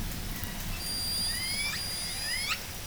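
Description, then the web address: Orca calls: tonal, harmonic notes that rise in pitch, with sharp upswept sounds near the middle and the end, over steady low underwater noise. Calls of Southern Resident killer whales of L pod, call type S19. "SRKW call-catalog. Orca Calls Alwin. Lpod)"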